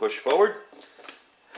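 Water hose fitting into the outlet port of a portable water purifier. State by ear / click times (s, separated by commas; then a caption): seated / 1.1 s, 1.6 s. A drinking-water hose fitting is pushed forward into its outlet port on an ITEHIL portable reverse osmosis water purifier while two release tabs are held down, as someone talks. Sharp clicks at 1.1 s and 1.6 s mark the fitting snapping into place, fully seated.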